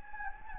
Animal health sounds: mosquito wingbeat signal from an infrared sensor; Anopheles gambiae

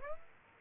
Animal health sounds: mosquito wingbeat signal from an infrared sensor; Aedes aegypti

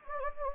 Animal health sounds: mosquito wingbeat signal from an infrared sensor; Anopheles gambiae

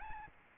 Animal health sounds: mosquito wingbeat signal from an infrared sensor; Aedes albopictus

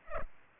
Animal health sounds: mosquito wingbeat signal from an infrared sensor; Culex pipiens

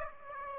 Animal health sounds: mosquito wingbeat signal from an infrared sensor; Aedes aegypti

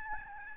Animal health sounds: mosquito wingbeat signal from an infrared sensor; Aedes albopictus

